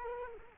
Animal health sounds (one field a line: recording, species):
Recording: mosquito wingbeat signal from an infrared sensor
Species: Culex quinquefasciatus